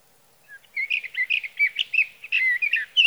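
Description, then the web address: Sage thrasher song: a rapid stream of musical warbled notes, varied and tumbling, with brief slurred whistles mixed in. "birdsongforthecurious songs Sage Thrasher"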